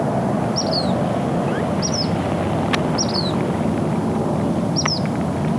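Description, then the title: Say's phoebe song: four short, slurred, downward whistles at uneven intervals of one to two seconds, over steady low rumbling background noise. Song, usually given by the male patrolling territory early in the mating season. "What’s That Bird?: Say’s Phoebe"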